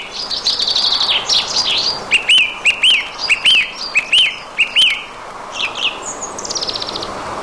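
Song thrush singing varied phrases, a rich warble then a clear whistled note repeated several times, followed by a high rattling trill.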